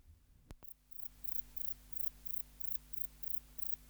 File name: Platycleis albopunctata